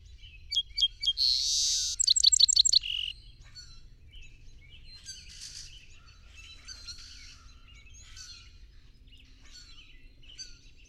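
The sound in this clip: Song sparrow delivers a single song, with spaced opening notes, a buzzy rush and a rapid trill. Quieter bird twitters and chips continue afterward.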